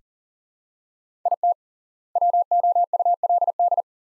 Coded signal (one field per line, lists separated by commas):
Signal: Morse code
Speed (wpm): 37 wpm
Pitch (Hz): 700 Hz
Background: none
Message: IT WOULD